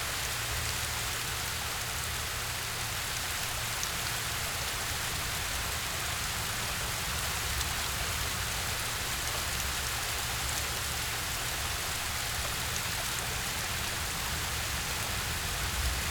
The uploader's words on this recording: Standing at the Base of the Waterfall.